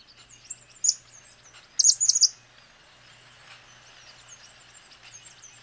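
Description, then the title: Cattle tyrant calls: a single high squeaky note, then a quick burst of three or four sharp high notes, with soft high chirping continuing behind. Nominate subspecies Machetornis rixosa rixosa. "LuckyPassaro Completos2Sama. Cattle Tyrant (Machetornis rixosa rixosa)"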